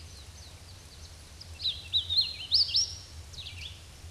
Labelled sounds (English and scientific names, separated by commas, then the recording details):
Hooded Warbler (Setophaga citrina) song
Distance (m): 15 m
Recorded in a Pennsylvania forest on 18 May 2023 at 13:58
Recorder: AudioMoth, point grid1_18_low
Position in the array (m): 156 m, 159 m